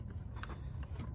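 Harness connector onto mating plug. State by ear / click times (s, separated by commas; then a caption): seated / 0.4 s. A plastic harness connector for a belt light bypass on a 2002-2006 Kawasaki Prairie 360 is pushed onto its mating plug. One distinct click sounds at 0.4 s over low background noise, with fainter ticks around it. The connector is seated.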